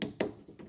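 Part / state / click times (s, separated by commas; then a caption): manual window regulator component in a car door / seated / 0.0 s, 0.2 s. A replacement manual window regulator part is pushed into place inside the door of a VW Fox to check whether it locks. Two sharp clicks are heard at 0.0 and 0.2 seconds, followed by a fainter tap near 0.6 seconds. The part locks into place.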